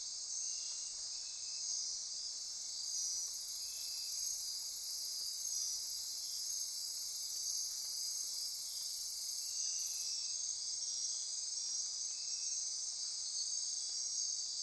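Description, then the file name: Insect chorus, a dense steady high-pitched trilling and buzzing with layered pulsing tones, continuous throughout. Insect chorus recorded at midnight near Corcovado. "Wind-is-the-Original-Radio-Fridays 20240628 Andy-Martin Midnight-Insect-Chorus-Near-Corcovado"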